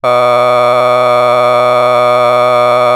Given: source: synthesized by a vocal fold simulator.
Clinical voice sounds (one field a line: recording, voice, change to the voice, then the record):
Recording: sustained vowel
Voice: male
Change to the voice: a random mix of aspiration noise, stiffness perturbation and strain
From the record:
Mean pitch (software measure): 123 Hz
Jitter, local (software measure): 1.27%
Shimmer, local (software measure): 4.3%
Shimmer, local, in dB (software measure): 0.38 dB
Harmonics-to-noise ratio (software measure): 14.8 dB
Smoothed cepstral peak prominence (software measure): 19.2 dB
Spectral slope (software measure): -13.5 dB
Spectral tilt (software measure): -9.9 dB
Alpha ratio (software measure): -4.0 dB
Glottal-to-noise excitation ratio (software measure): 0.993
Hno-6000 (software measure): 1.9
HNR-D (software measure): 26.8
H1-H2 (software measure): 1.0 dB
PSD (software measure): 1.2e-04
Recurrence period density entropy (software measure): 0.115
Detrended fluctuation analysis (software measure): 0.0295